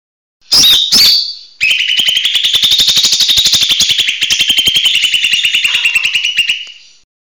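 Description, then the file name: Leafbird gives two sharp whistles, then a long, fast, buzzy rattling trill that runs steadily for about five seconds. Song style called mini tembakan besetan, used for training songbirds. "audio cucak hijau mini tembakan besetan omkicau"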